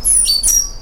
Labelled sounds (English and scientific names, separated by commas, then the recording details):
Stitchbird (Notiomystis cincta) song
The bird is a male
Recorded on Tiritiri Matangi Island, New Zealand, in 2005
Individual 1, of nest box 1